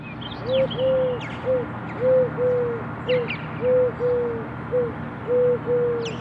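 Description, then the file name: Eurasian collared dove cooing: soft three-note phrases, the middle note longest, repeated steadily, with brief high chirps of other birds and a constant low rumble behind. "Streptopelia decaocto - Eurasian Collared Dove"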